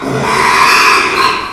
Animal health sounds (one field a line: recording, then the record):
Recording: squeal of a Yucatan mini pig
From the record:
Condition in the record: after surgery on the right vocal fold (resection and tissue-engineered implant)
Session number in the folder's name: 1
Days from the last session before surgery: 6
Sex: male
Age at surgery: 12 weeks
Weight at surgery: 13 kg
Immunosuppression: cyclosporine, prednisolone